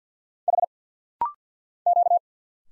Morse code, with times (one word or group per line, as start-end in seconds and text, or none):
0.5-0.7 H
1.9-2.2 Q